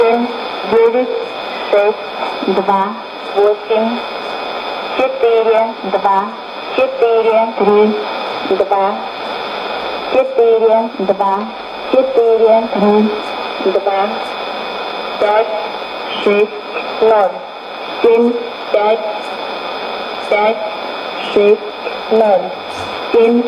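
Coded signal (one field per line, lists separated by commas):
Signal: numbers station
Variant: S06s, Russian female voice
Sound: woman's voice reading short evenly spaced words, likely numbers, over radio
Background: radio static, steady tones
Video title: 16 06 2016 Number station S06s Russian Lady to Eu 0914 on 7161 unknown tx site CUSB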